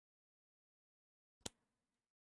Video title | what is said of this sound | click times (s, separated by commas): 🔴LIVE- Lego Star Wars: let's Build BD-1 | and what I think we just set it on there and click it in oh that was satisfying hold on chat I gotta do that again | 1.5 s